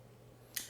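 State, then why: Seated. The steel blade of a Sanrenmu Land 9103 folding pocket knife, a budget knife with Sandvik steel, is flicked open with a medium-hard flick and locks into the handle's frame lock. A quiet background gives way to one short, sharp, bright click at 0.6 s as the blade seats and locks open.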